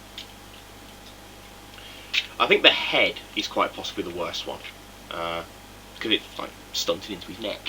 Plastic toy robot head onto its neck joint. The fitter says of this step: and that's it the head snaps into place and that's literally about it where the toy is concerned